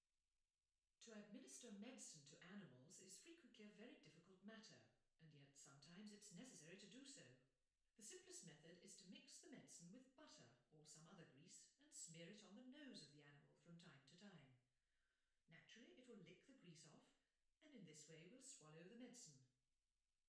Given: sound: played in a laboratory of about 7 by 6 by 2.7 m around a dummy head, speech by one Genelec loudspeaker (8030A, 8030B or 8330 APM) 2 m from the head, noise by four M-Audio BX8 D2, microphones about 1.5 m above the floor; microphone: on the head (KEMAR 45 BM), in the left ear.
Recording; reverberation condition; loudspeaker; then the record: female speech in English; medium; 30 degrees to the right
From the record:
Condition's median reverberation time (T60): about 510 ms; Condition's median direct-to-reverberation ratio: about -0.5 dB